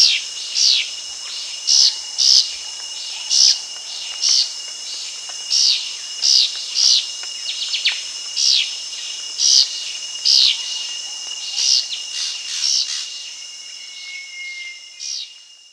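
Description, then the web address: Maroon-breasted philentoma calls: bright high notes repeated at fairly regular intervals, over a constant shrill insect hum. Recorded at Danum on 1 March 2008. "DANUM 20080301. maroon-breasted philentoma"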